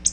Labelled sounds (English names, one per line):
Black-throated Blue Warbler flight call